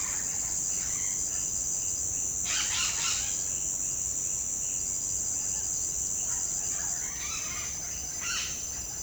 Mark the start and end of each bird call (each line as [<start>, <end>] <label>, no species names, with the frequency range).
[0.00, 1.35] bird call (0.6-3.8 kHz)
[2.42, 3.33] bird call (0.5-6.0 kHz)
[6.27, 7.72] bird call (0.3-5.2 kHz)
[8.18, 8.54] bird call (0.4-5.4 kHz)